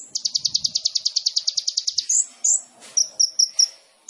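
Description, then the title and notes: Sunbird song opening with a long, fast, even trill of high buzzy notes, then a few sharp chips and a quick run of short high notes. Indonesian masteran training song of a gacor kolibri ninja with full fill-in phrases (isian) and shots (tembakan), used as a lure to provoke other birds to sing. "MASTERAN KOLIBRI NINJA TERBAIK FULL ISIAN DAN TEMBAKAN MEWAH COCOK BUAT PANCINGAN. Suara Burung Kolibri Ninja Gacor"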